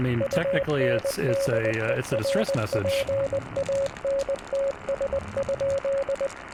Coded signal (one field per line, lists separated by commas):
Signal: Morse code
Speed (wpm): 20 wpm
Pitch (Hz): 550 Hz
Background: speech, radio noise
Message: UNDERPANTS?